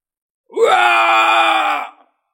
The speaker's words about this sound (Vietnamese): Tiếng gào thét rung trời, đó chính là Tam Đầu Vương.